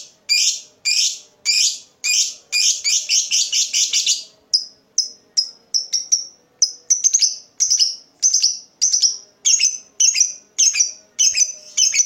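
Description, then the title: Lovebird chirps: rapid bursts of shrill twittering at first, settling into a steady series of sharp, high chips. Lovebird whose style makes it look very clever at baiting (memancing), prompting other birds to sing. "Dari Gayanya Lovebird Ini Terlihat Pintar Sekali Memancing"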